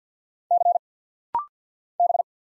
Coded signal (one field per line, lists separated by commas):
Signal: Morse code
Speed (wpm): 50 wpm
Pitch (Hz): 700 Hz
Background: none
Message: C B